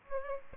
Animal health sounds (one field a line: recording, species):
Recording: mosquito wingbeat signal from an infrared sensor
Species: Aedes aegypti